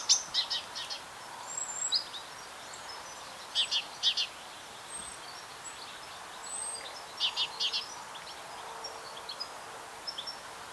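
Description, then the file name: Great tit calls: short clusters of high, sharp notes given in bursts every few seconds, with thin high whistles and steady background hiss. "Parus major"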